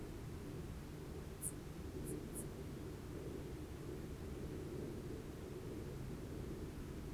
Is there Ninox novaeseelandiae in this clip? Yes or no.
no